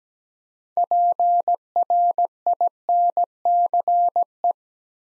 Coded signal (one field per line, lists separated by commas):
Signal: Morse code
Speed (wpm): 17 wpm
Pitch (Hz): 700 Hz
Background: none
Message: PRINCE